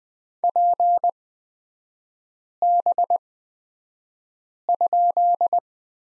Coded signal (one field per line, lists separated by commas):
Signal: Morse code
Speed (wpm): 20 wpm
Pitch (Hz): 700 Hz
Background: none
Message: PB?